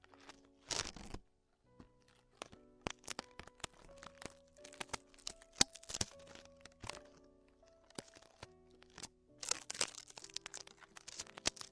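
Tingly ear sounds: sharp crackles and crinkles come in irregular bursts, with two dense rustling flurries near the start and near the end, over soft tonal hums.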